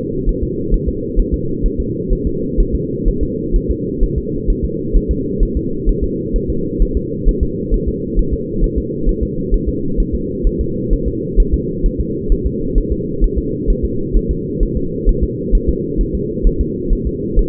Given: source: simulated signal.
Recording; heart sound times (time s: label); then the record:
fetal heart sounds
0.29 s: S1
0.43 s: S2
0.74 s: S1
0.88 s: S2
1.19 s: S1
1.34 s: S2
1.66 s: S1
1.80 s: S2
2.13 s: S1
2.27 s: S2
2.60 s: S1
2.75 s: S2
3.08 s: S1
3.23 s: S2
3.56 s: S1
3.70 s: S2
4.03 s: S1
4.18 s: S2
4.50 s: S1
4.64 s: S2
4.97 s: S1
5.11 s: S2
5.43 s: S1
5.57 s: S2
5.89 s: S1
6.04 s: S2
6.36 s: S1
6.50 s: S2
6.82 s: S1
6.97 s: S2
7.28 s: S1
7.43 s: S2
7.74 s: S1
7.88 s: S2
8.19 s: S1
8.33 s: S2
8.64 s: S1
8.78 s: S2
9.09 s: S1
9.23 s: S2
9.54 s: S1
9.69 s: S2
10.00 s: S1
10.14 s: S2
10.47 s: S1
10.61 s: S2
10.93 s: S1
11.08 s: S2
11.40 s: S1
11.54 s: S2
11.86 s: S1
12.00 s: S2
12.32 s: S1
12.46 s: S2
12.78 s: S1
12.92 s: S2
13.24 s: S1
13.38 s: S2
13.70 s: S1
13.85 s: S2
14.17 s: S1
14.31 s: S2
14.63 s: S1
14.77 s: S2
15.09 s: S1
15.23 s: S2
15.55 s: S1
15.69 s: S2
16.01 s: S1
16.15 s: S2
16.47 s: S1
16.61 s: S2
16.93 s: S1
17.07 s: S2
17.39 s: S1
From the record:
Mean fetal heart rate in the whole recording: 130 bpm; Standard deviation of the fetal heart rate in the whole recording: 4 bpm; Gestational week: 38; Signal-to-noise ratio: -6.6 dB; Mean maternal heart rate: 72 bpm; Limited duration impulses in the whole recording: present